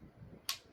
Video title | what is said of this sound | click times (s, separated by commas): This CROSSBOW is a BEAST!!! Killer Instinct Logix 435 RDC @KillerInstinctCrossbows | There's a click | 0.5 s